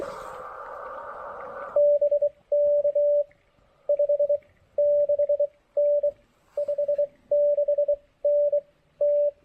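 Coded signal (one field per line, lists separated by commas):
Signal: Morse code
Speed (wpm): 21 wpm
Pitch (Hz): 590 Hz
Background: radio noise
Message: BK 56N 56N T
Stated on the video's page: QRP portable park activation (POTA) in CW on 20 and 17 meters, Elecraft K2 with AX1 portable antenna.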